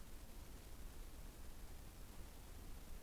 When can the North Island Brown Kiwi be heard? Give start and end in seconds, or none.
none